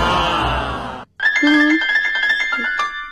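A brief burst of noisy clatter cuts to a moment of silence, then a phone rings on the line during an outgoing call, a steady electronic tone with a simple melodic pattern of shifting notes, fairly loud and alone.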